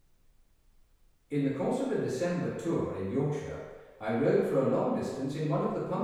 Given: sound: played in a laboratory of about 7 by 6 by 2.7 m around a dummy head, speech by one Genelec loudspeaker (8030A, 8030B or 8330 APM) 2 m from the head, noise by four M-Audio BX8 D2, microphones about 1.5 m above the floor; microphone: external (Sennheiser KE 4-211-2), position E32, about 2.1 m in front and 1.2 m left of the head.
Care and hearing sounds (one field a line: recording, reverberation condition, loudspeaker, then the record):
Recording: male speech in English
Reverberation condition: high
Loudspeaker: 120 degrees to the left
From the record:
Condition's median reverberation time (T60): about 1300 ms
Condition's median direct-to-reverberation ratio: about -4.0 dB